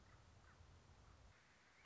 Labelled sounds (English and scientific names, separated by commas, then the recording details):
Common Raven (Corvus corax)
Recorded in Sonoma County, California